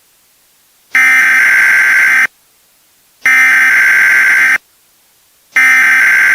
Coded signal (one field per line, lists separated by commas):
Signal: Emergency Alert System (SAME) tones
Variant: header bursts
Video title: EAS Scenarios - January